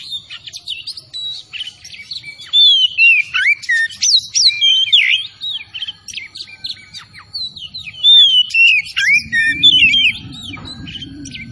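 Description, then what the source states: Oriental magpie-robin singing energetically: quick sweet whistles, sharp chips and slurred phrases in dense succession, a faint constant high whine and low rumble behind. Called kacer Tretes; singing vigorously (gacor).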